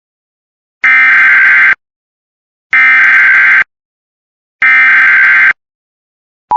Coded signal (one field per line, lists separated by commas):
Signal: Emergency Alert System (SAME) tones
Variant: header bursts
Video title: DOM/CEM test (EAS 101)